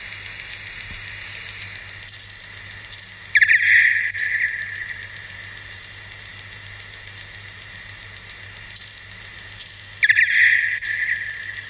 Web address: studium lehrerbildung lmu ideenfinder fledermaus hoerbeispiele-fledermausrufe fledermausruf